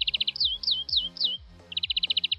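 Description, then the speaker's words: European greenfinch singing a canary-like phrase: a rapid high trill, four falling whistles, then a second quick trill. Played example; the song sounds a bit like a canary. "Und der Grünfink klingt so ein bisschen wie ein Kanarienvogel. Ich zeige euch nochmal, wie der klingt. Achtung, hört mal."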